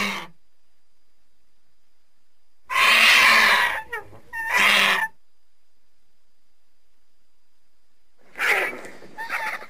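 Vulture giving harsh, breathy hissing screeches, two long bursts close together, then a rougher pair near the end, with silence between.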